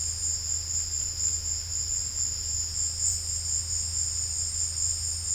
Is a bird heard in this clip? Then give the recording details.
no. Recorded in secondary vegetation near Puerto Asís, Putumayo, Colombia, on 20 December 2024 at 15:00. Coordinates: 0.481, -76.318. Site G042